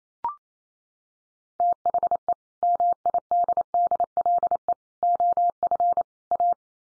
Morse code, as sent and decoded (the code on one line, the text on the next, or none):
- .... . / -- .. -.. -.. .-.. . / --- ..-. / .-
THE MIDDLE OF A